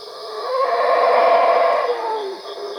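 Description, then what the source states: Howler monkey howl, one loud rough roar that swells and fades. Recorded at Cuevas.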